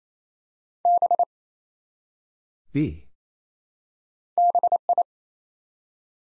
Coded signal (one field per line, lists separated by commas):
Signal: Morse code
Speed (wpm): 27 wpm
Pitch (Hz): 700 Hz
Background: none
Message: B BI